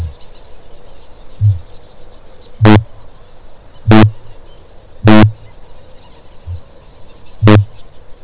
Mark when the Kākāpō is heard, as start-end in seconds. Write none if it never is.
0.00-1.83, 2.46-8.24